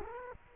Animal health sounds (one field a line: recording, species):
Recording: mosquito wingbeat signal from an infrared sensor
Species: Culex quinquefasciatus